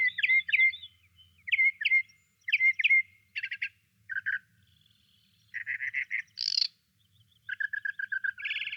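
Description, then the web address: Desert mockingbird song mixing looping whistled notes, short buzzy bursts and rapid trills, with one harsh high note; phrases change quickly. Solo singer. "desert mockingbird solo"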